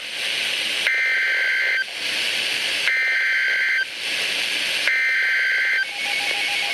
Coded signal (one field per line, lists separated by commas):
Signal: Emergency Alert System (SAME) tones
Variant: header bursts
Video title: Severe Thunderstorm Warning #2 - 07/07/14 (EAS #775)